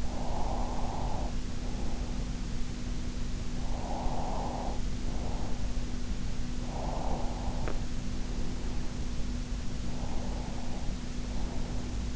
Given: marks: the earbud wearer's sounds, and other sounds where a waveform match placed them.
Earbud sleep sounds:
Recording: sounds in sleep by an in-ear microphone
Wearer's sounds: breath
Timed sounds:
0.00-2.21 s: breath
3.54-5.77 s: breath
6.63-9.02 s: breath
9.77-12.16 s: breath

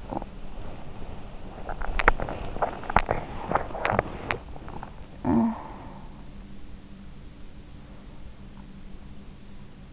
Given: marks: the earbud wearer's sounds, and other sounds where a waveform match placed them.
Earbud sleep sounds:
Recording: sounds in sleep by an in-ear microphone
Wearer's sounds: teeth grinding, talking in sleep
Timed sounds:
0.00-5.18 s: teeth grinding
5.18-6.32 s: talking in sleep

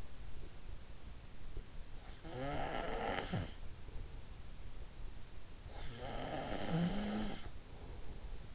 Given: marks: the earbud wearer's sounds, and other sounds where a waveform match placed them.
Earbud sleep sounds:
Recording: sounds in sleep by an in-ear microphone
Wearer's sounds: snoring breath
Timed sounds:
2.29-3.74 s: snoring breath
5.66-8.55 s: snoring breath

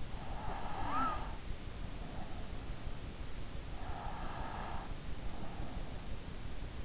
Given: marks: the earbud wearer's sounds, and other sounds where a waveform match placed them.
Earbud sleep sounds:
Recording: sounds in sleep by an in-ear microphone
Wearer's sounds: snoring breath, breath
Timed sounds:
0.30-2.02 s: snoring breath
3.79-5.33 s: breath

